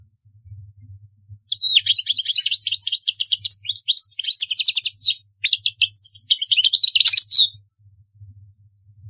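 European goldfinch song: a quick burst of twittering and trilled notes, a brief pause, then another tinkling phrase ending the sequence; low hum beneath.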